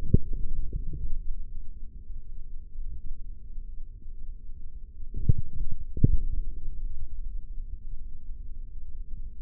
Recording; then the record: forearm muscle sounds (acoustic myography)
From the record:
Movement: forearm pronation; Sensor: system 3, bracelet of six PUI Audio POM-2738L microphones around the upper forearm, with dedicated amplification and filtering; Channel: 2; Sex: male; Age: 55 years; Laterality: right